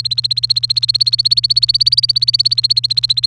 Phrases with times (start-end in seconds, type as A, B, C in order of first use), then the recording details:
0.00-0.02 A, 0.05-3.27 B. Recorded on 28 April 2018 at 07:52. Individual llb3